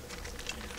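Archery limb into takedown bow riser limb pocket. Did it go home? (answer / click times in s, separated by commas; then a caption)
no / none. An ILF archery limb is handled at the limb pocket of a takedown bow riser, with soft rustling and a few faint taps, including a brief sharp tick near 0.5 seconds. The clip ends before the limb snaps into the pocket, so nothing has seated or clicked yet.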